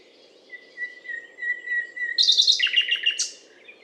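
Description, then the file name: Common nightingale song: a long, pure, level whistle held for over a second, then bursts of rapid, rattling notes, over a steady low hum. Butte calcaire de Gratacap, France; 19 May 2012. "120519 rossignol-philomele-Butte-calcaire-de-Gratacap-F"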